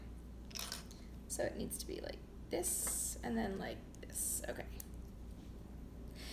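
A small plastic LEGO part for the LEGO Ideas NASA Apollo Saturn V 21309 kit is lined up in the right orientation and pressed onto the brick model while someone talks. Two short, sharp plastic snaps are heard at 4.6 s and 4.8 s as it seats, and the fit is confirmed right after.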